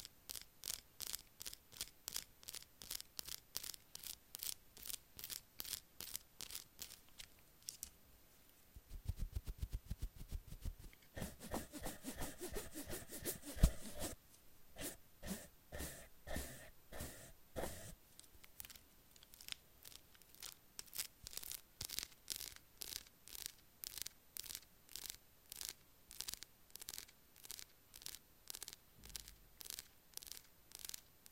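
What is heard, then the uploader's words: Brushes sweep over squishy octopus and mermaid toys in quick, even strokes, roughly three per second, with a crisp, bright bristly texture. From about 9 to 18 seconds the strokes blur into a denser, rougher rubbing with a low thump, then the steady brushing returns. Relax with squishy octopus and mermaid brushes...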